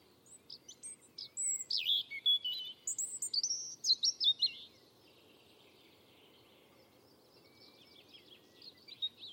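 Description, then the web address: European robin song of varied high whistles and liquid trills delivered in a quick cascading phrase, then softer high notes trailing off into near silence. "Deverinetal 2025"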